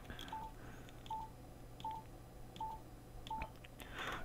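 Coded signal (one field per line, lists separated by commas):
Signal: none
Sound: radio's mode-change beeps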